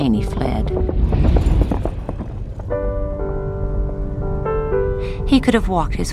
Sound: soundbite of galloping horse

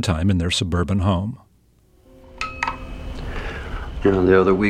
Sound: Soundbite of Married Life

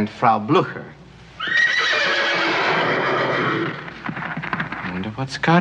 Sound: soundbite of horses neighing

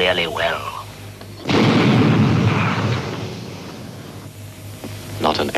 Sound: soundbite of explosion

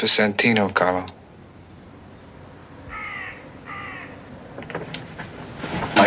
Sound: soundbite of bird

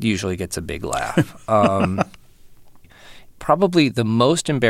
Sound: laughter

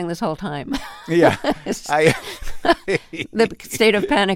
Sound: laughter

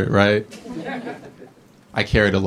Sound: laughter

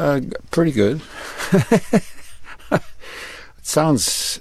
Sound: laughter

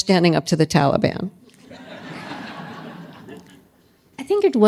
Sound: laughter

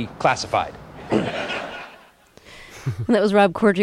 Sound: soundbite of laughter

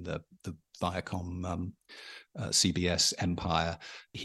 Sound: none

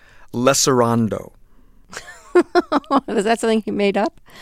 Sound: soundbite of laughter

